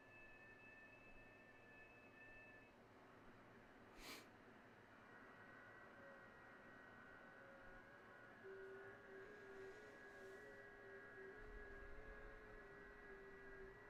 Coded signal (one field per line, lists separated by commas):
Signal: FT8